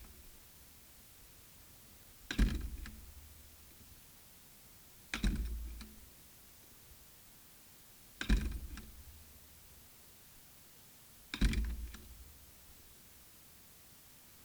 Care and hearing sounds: daily activity, guitar pickup as the sensor; manipulate door

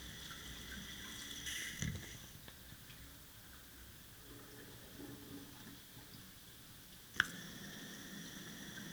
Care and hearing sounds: daily activity, guitar pickup as the sensor; flush

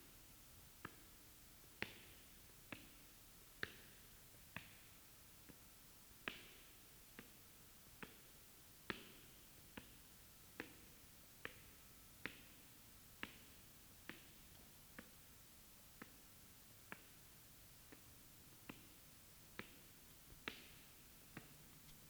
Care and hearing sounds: daily activity, guitar pickup as the sensor; walk

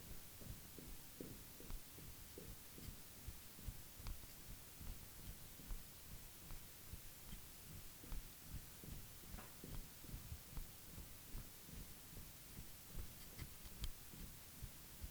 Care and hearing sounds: daily activity, guitar pickup as the sensor; jump

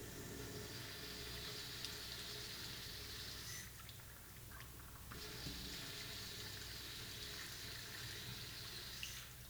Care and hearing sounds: daily activity, guitar pickup as the sensor; flush

